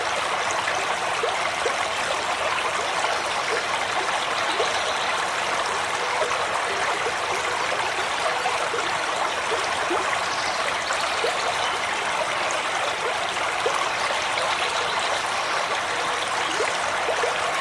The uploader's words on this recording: River in a Secluded Forest. This episode features only natural soundscapes with no dialogue or voice.